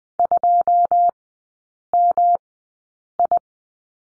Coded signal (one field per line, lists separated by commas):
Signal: Morse code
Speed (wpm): 20 wpm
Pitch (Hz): 700 Hz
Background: none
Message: 2MI